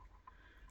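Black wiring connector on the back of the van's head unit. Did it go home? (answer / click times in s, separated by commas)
released / 0.3 s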